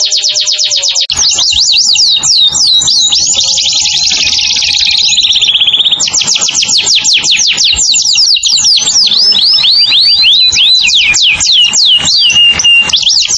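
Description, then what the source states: Canary singing nonstop: rapid high trills change every few seconds between fast sweeping notes, a buzzy roll, and looping upslurred phrases, with a faint steady hum beneath. Lure call for bird-trapping.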